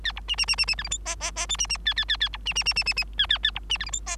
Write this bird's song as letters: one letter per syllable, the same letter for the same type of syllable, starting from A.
A B C C C C C D E F G G G H C C A A A A B C C C C C C A A A B C D E F G